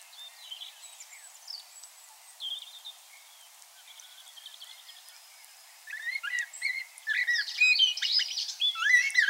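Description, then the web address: Common blackbird song: soft scattered notes at first, building into a louder, busy run of whistles and high twitters toward the end. "SETE data Turdus merula"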